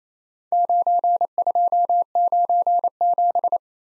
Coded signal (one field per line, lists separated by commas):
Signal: Morse code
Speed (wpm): 29 wpm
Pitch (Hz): 700 Hz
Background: none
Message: 9297